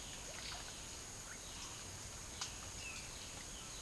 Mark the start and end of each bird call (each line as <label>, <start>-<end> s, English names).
Russet-backed Oropendola, 0.08-1.43 s
Violaceous Jay, 1.34-3.81 s